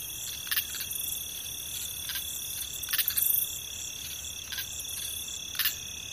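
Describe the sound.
Cricket: a steady, continuous high trill, broken by several irregular brief scratchy bursts.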